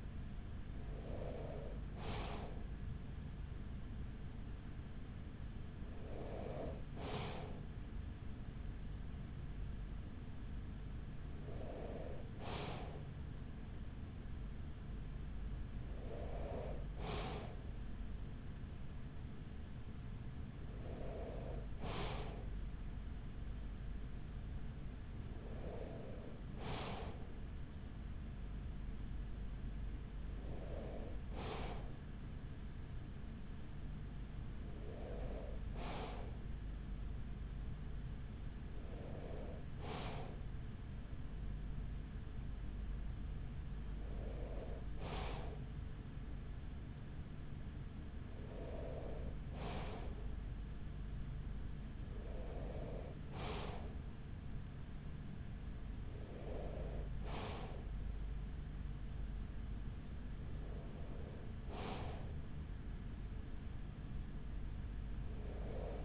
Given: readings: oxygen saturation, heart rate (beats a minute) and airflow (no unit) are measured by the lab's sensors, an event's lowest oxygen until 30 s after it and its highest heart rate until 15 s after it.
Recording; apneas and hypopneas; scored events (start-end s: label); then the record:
breathing in sleep by a smartphone at the bedside; none
none scored
From the record:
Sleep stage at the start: N2 (light sleep); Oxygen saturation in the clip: 94%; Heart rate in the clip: 42 to 45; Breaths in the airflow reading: 14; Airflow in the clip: -7.6 to 5.9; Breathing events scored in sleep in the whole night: 207 in 7.6 hours asleep